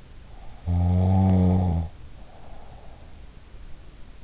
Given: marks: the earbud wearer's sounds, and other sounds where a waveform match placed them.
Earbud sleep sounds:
sounds in sleep by an in-ear microphone; snoring breath
0.60-3.33 s: snoring breath

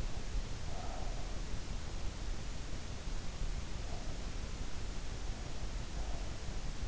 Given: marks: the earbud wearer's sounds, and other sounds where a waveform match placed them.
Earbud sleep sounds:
sounds in sleep by an in-ear microphone; breath
0.02-1.54 s: breath

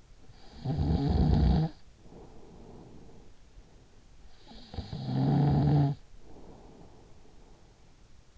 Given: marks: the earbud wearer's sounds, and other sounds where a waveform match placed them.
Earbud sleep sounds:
sounds in sleep by an in-ear microphone; snoring breath
0.00-3.54 s: snoring breath
4.31-8.03 s: snoring breath

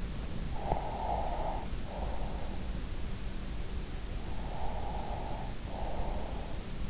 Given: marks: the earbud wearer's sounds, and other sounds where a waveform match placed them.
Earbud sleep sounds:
sounds in sleep by an in-ear microphone; breath
0.51-2.55 s: breath
4.25-6.79 s: breath

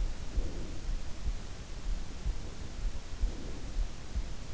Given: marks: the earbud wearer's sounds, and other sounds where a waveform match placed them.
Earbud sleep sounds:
sounds in sleep by an in-ear microphone; breath
0.05-1.31 s: breath
2.89-4.12 s: breath

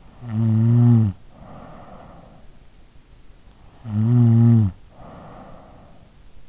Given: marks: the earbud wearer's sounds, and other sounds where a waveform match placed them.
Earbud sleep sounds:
sounds in sleep by an in-ear microphone; snoring breath
0.00-2.54 s: snoring breath
3.73-6.07 s: snoring breath

